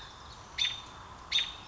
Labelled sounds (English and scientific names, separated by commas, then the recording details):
American Robin (Turdus migratorius)
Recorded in Sonoma County, California